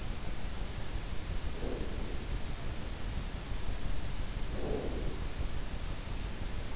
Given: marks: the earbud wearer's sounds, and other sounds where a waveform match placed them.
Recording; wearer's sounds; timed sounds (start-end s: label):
sounds in sleep by an in-ear microphone; breath
1.27-2.45 s: breath
4.34-5.42 s: breath